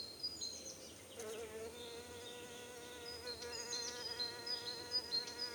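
Bumblebee buzzing, a steady droning hum with rich overtones starting after a second and holding on, while high thin bird chirps sound in the background.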